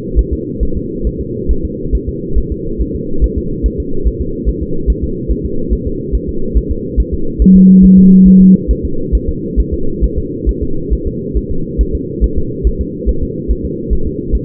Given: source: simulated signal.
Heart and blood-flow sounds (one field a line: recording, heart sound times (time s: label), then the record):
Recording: fetal heart sounds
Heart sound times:
0.19 s: S1
0.33 s: S2
0.63 s: S1
0.77 s: S2
1.07 s: S1
1.21 s: S2
1.51 s: S1
1.65 s: S2
1.95 s: S1
2.09 s: S2
2.38 s: S1
2.52 s: S2
2.81 s: S1
2.95 s: S2
3.24 s: S1
3.38 s: S2
3.66 s: S1
3.80 s: S2
4.07 s: S1
4.21 s: S2
4.49 s: S1
4.63 s: S2
4.90 s: S1
5.04 s: S2
5.31 s: S1
5.45 s: S2
5.73 s: S1
5.87 s: S2
6.15 s: S1
6.29 s: S2
6.57 s: S1
6.72 s: S2
7.00 s: S1
7.14 s: S2
7.42 s: S1
7.56 s: S2
7.85 s: S1
7.99 s: S2
8.28 s: S1
8.42 s: S2
8.71 s: S1
8.85 s: S2
9.15 s: S1
9.29 s: S2
9.60 s: S1
9.74 s: S2
10.04 s: S1
10.18 s: S2
10.49 s: S1
10.63 s: S2
10.93 s: S1
11.07 s: S2
11.37 s: S1
11.51 s: S2
11.81 s: S1
11.95 s: S2
12.24 s: S1
12.38 s: S2
12.67 s: S1
12.81 s: S2
13.09 s: S1
13.23 s: S2
13.51 s: S1
13.65 s: S2
13.93 s: S1
14.07 s: S2
14.35 s: S1
From the record:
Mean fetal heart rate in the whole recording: 140 bpm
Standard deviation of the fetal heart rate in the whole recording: 2 bpm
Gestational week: 34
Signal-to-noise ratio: -8.1 dB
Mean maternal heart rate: 72 bpm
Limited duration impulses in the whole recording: present